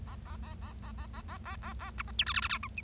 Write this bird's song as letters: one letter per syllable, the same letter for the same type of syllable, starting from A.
A A A A A A A A A A A B C D E F F G H I